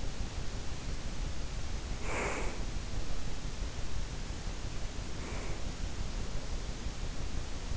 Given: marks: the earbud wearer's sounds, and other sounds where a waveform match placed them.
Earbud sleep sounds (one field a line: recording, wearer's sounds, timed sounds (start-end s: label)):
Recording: sounds in sleep by an in-ear microphone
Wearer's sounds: breath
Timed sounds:
1.86-2.90 s: breath
5.08-5.80 s: breath